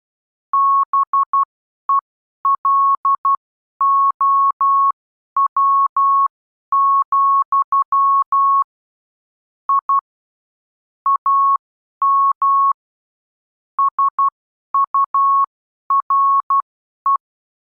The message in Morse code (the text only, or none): BELOW, I AM SURE